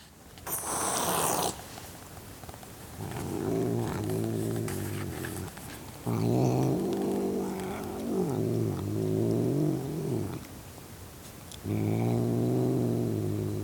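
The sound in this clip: Cat growling in drawn-out low rumbles with a brief hiss near the start, several long growls that waver in pitch, broken by short pauses.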